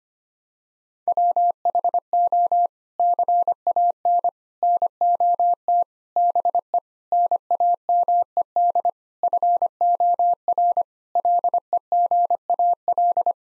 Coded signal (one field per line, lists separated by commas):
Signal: Morse code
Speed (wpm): 25 wpm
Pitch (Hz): 700 Hz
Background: none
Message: WHO CAN NOT BE NAMED FOR LEGAL